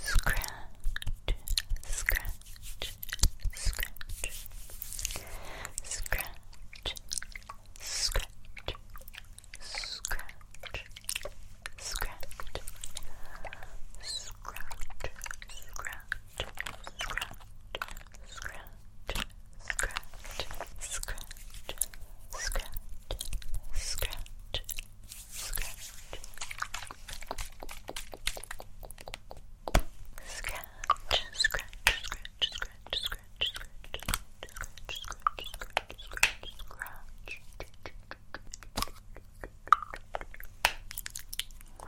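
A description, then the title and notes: Dense scratching and rustling touches crackle continuously, with sharp clicky bursts and layered soft textures over a steady low hum. ASMR Tingly Face Touching & Invisible Scratches with Layered Sounds.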